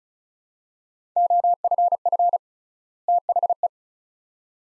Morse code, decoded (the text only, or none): OFF THE